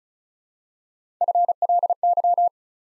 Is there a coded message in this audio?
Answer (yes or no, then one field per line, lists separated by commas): yes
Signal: Morse code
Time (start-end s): 1.2-2.5 s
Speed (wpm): 36 wpm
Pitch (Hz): 700 Hz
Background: none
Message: FLY